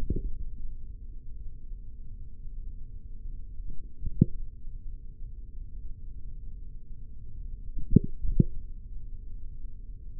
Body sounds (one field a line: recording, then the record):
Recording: forearm muscle sounds (acoustic myography)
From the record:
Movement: tripod grip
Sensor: system 3, bracelet of six PUI Audio POM-2738L microphones around the upper forearm, with dedicated amplification and filtering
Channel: 3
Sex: male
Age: 43 years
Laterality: right